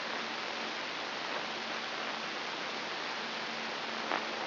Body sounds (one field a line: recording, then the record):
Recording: brain microelectrode recording played as sound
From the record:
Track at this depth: inside the subthalamic nucleus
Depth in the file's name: 5.536 mm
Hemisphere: right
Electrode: 3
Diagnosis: Parkinson's disease